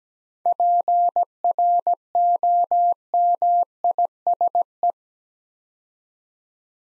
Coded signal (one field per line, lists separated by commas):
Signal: Morse code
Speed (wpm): 17 wpm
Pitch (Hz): 700 Hz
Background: none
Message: PROMISE